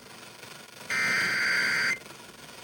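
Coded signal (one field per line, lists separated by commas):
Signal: Emergency Alert System (SAME) tones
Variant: header bursts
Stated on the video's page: Civil emergency message alert received on FM 98.9.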